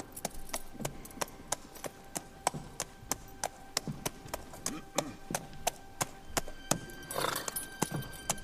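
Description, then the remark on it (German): Hooves clip-clop in a steady, brisk rhythm of sharp knocks, with a brief whinny-like rush of sound near the end; no one speaks. A single rider leading a second horse, heading straight toward a farm. “Einen einzelnen Reiter, der ein Pferd mit sich führt. Er kommt direkt auf die Farm zu.”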